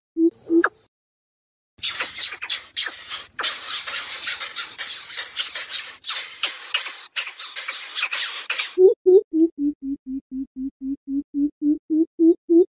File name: Tieng bim bip non keu goi me